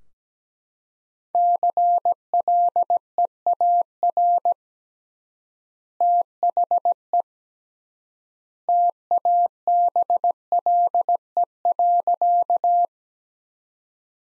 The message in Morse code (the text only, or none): CLEAR THE TABLE.